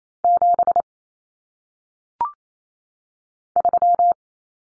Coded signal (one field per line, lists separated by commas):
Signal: Morse code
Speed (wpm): 28 wpm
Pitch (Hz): 700 Hz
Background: none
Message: 7 3